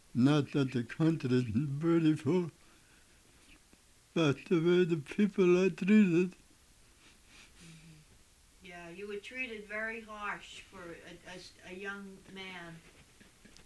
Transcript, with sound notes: Not that the country's beautiful----- but the way the people are treated. [Tearful]
Yeah. You were treated very harsh for a, a young man. Yeah.